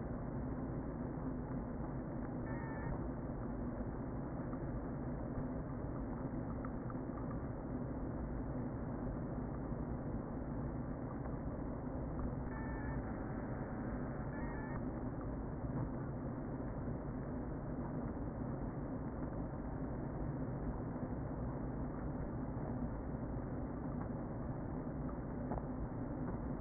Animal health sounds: honeybee colony, microphone inside the hive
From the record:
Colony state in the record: queen present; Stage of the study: before two queens were removed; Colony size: about 60,000 bees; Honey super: yes

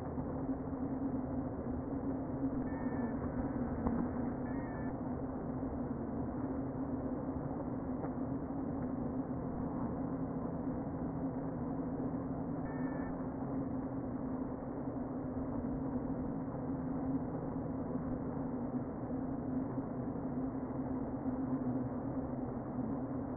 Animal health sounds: honeybee colony, microphone inside the hive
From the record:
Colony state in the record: queen present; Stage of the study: before two queens were removed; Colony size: about 60,000 bees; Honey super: yes

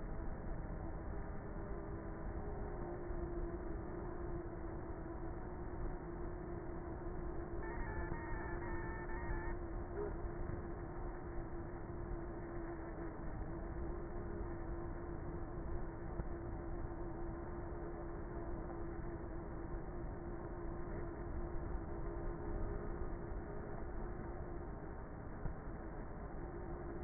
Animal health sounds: honeybee colony, microphone inside the hive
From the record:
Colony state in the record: queenless with a low population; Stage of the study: before two queens were removed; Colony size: about 30,000 bees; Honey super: no

